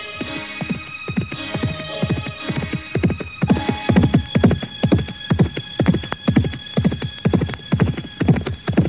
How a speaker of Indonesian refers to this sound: Marilah kita ikuti perjalanan jaga para mudita yang dikawal oleh 15 orang prajurit utama Keraton Karang Sedana. Mereka semuanya berpacu dengan kuda menuju Karang Sedana.